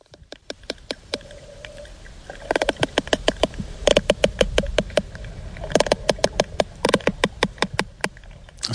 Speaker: c'était une petite pause pour écouter les cachalots discuter.